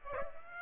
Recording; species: mosquito wingbeat signal from an infrared sensor; Aedes aegypti